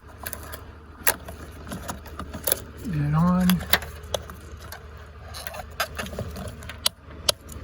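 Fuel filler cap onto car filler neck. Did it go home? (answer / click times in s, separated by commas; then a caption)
yes / 6.9 s, 7.3 s. A new tethered fuel filler cap is screwed onto a vehicle's filler neck with light handling rattles and taps while someone talks. Its ratchet clicks sharply at its set tightness at 6.9 s and 7.3 s, confirming the cap is tight.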